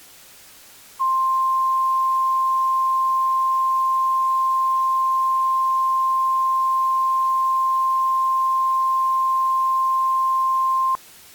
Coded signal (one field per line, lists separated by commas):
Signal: Emergency Alert System (SAME) tones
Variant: 1050 Hz attention tone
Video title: Lost! (EAS Scenario)